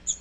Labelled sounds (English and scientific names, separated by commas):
Magnolia Warbler (Setophaga magnolia) flight call